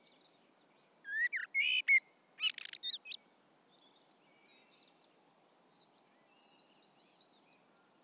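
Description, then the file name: Common blackbird song: two fluty, warbled phrases with squeaky high endings in the first three seconds, then scattered thin high notes over a steady low hiss. "Turdus merula"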